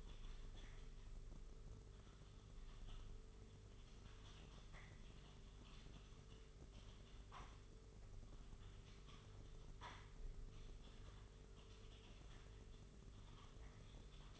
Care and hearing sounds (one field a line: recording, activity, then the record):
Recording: daily activity, microphone in the room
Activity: typing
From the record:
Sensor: 4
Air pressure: 991.8 hPa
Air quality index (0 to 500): 120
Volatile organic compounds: 27 ppm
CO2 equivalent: 2880 ppm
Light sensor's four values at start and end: 20/65/24/24 and 20/65/24/24